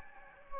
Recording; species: mosquito wingbeat signal from an infrared sensor; Anopheles gambiae